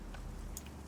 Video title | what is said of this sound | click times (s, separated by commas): ACURA TSX Alleged Manual Trans Issue SOLVED! Big Maintenance Tune Up! | There you go. There you go. Heard that last click right there. | 0.6 s